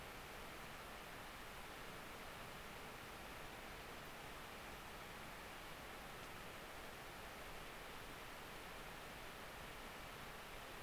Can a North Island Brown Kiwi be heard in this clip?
no